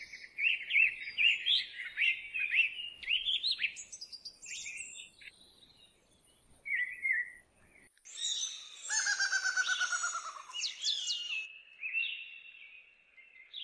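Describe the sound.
Birdsong of rapid warbling phrases and high thin notes, followed by a loud rhythmic trill with ringing repeated notes, then softer whistles.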